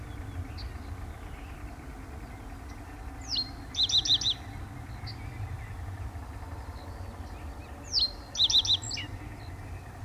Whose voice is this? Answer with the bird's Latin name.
Emberiza schoeniclus